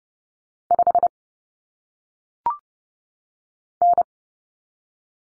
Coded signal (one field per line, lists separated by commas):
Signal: Morse code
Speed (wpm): 30 wpm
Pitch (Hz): 700 Hz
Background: none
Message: 5 N